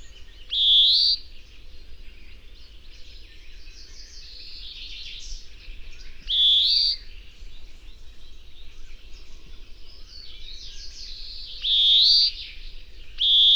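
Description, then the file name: European greenfinch giving drawn-out, nasal rising wheezes, four in all, the first three spaced about six seconds apart and the last soon after, over soft twittering. "Chloris chloris"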